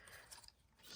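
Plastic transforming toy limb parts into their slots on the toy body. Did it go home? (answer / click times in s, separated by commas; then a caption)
no / none. Plastic limb parts of a transforming robot toy are handled and pushed up toward their slots on the toy body, making soft ratcheting and rubbing plastic sounds with a brief sharp tick at 0.5 s. Nothing has seated or snapped into place yet.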